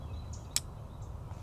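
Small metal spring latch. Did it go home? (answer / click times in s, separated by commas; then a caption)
yes / 0.6 s. A spring-loaded leg on a small titanium backpacking stove made by FIREMAPLE is swung open into its locked position. Against low background noise, a single sharp metallic click sounds at 0.6 s, with fainter ticks before and after. The leg locks in place.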